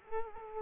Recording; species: mosquito wingbeat signal from an infrared sensor; Culex quinquefasciatus